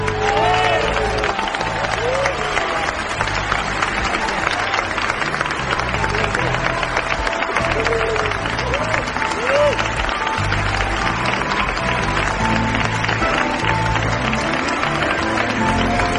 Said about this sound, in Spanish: Un cariñoso aplauso para Regan, la niña del exorcista que nos ha puesto la piel, los pelos de punta y que ha encarnado la joven actriz Elena Rivera.